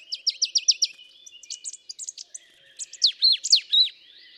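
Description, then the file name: Marsh tit calls: a quick run of sharp, downslurred high chips, then scattered thin notes and a louder burst of hooked, slightly buzzy calls; quiet background. "Poecile palustris"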